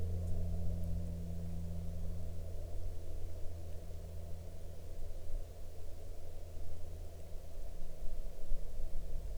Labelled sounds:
aircraft
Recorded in the Arctic National Wildlife Refuge, Alaska, on 15 May 2019 at 15:53
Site 33

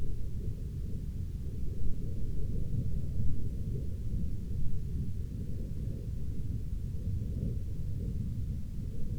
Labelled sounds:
aircraft
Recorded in the Arctic National Wildlife Refuge, Alaska, on 16 August 2019 at 02:05
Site 40

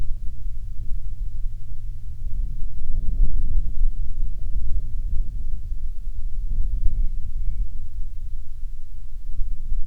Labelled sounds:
wind
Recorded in the Prudhoe Bay oil fields, Alaska, on 30 June 2019 at 00:31
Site 22

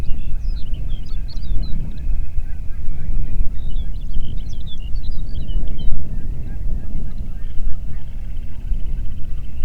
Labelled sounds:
songbird
waterfowl
wind
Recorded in the Prudhoe Bay oil fields, Alaska, on 8 June 2019 at 04:23
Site 30

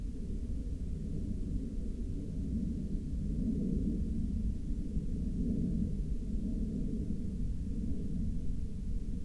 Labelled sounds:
aircraft
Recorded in the Prudhoe Bay oil fields, Alaska, on 22 August 2019 at 01:42
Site 13

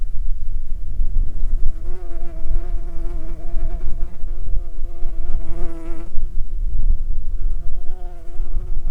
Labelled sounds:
insects
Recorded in Ivvavik National Park, Yukon, on 9 July 2019 at 18:39
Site SINP03

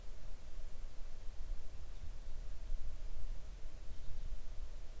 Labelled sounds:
near silence
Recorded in the Arctic National Wildlife Refuge, Alaska, on 3 August 2019 at 10:23
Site 41

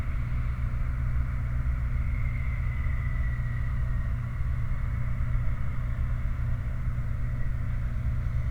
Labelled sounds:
machinery
flare stack
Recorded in the Prudhoe Bay oil fields, Alaska, on 29 July 2019 at 04:36
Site 29

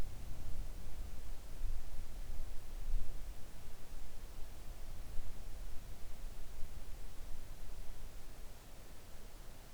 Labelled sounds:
near silence
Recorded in the Arctic National Wildlife Refuge, Alaska, on 3 August 2019 at 05:05
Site 41

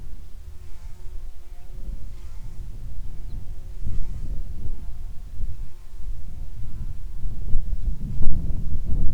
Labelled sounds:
wind
insects
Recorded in the Prudhoe Bay oil fields, Alaska, on 10 July 2019 at 10:15
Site 11

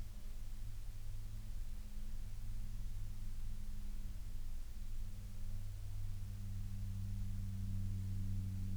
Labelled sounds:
aircraft
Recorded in the Prudhoe Bay oil fields, Alaska, on 12 August 2019 at 15:40
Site 11

